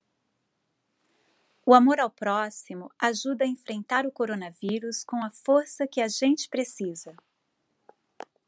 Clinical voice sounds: spoken sentence; Brazilian Portuguese; female; 50 to 59 years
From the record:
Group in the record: control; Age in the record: 51 years

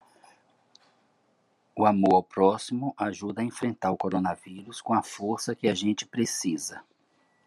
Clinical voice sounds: spoken sentence; Brazilian Portuguese; male; 60 to 69 years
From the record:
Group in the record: control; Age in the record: 65 years

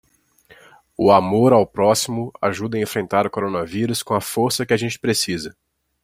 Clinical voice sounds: spoken sentence; Brazilian Portuguese; male; 20 to 29 years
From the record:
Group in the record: control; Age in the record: 25 years

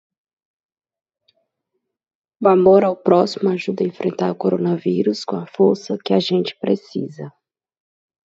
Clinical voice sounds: spoken sentence; Brazilian Portuguese; female; 30 to 39 years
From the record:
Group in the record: control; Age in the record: 39 years

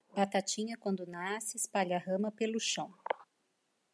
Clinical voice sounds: short text; Brazilian Portuguese; female; 50 to 59 years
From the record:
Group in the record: control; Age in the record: 51 years

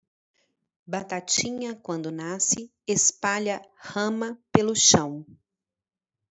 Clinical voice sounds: short text; Brazilian Portuguese; female; 30 to 39 years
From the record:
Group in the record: control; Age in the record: 39 years

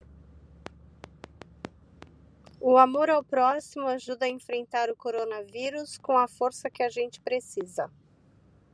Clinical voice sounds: spoken sentence; Brazilian Portuguese; female; 50 to 59 years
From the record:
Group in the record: control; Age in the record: 57 years

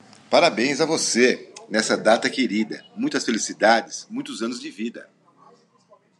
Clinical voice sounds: short text; Brazilian Portuguese; male; 50 to 59 years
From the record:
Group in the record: control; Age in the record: 57 years

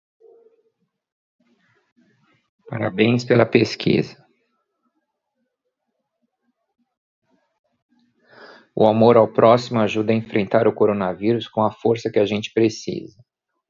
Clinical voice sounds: spoken sentence; Brazilian Portuguese; male; 50 to 59 years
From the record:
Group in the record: control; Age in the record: 53 years

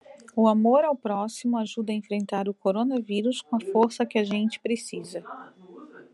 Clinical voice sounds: spoken sentence; Brazilian Portuguese; female; 40 to 49 years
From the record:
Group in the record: control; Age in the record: 43 years

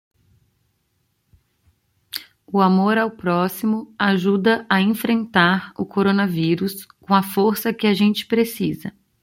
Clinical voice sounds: spoken sentence; Brazilian Portuguese; female; 30 to 39 years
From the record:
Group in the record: control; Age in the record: 36 years

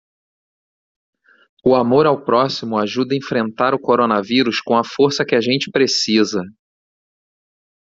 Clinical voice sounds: spoken sentence; Brazilian Portuguese; male; 40 to 49 years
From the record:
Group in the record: control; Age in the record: 40 years

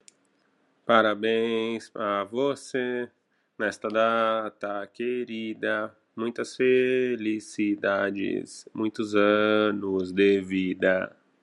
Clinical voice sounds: short text; Brazilian Portuguese; male; 30 to 39 years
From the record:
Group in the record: control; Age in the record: 33 years

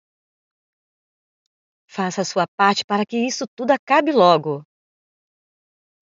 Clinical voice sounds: short text; Brazilian Portuguese; female; 40 to 49 years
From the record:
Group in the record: control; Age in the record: 48 years

